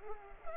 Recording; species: mosquito wingbeat signal from an infrared sensor; Culex pipiens